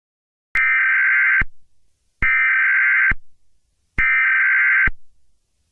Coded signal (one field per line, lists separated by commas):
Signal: Emergency Alert System (SAME) tones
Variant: header bursts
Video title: EAS Scenario: the red eye man PT: 5 the finale (Analog Horror)